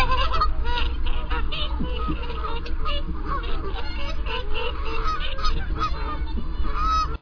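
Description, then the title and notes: Whooper swans giving many overlapping trumpeting honks in a dense flock chorus, with a constant low-pitched rumble underneath. "Sangsvane by forskningno"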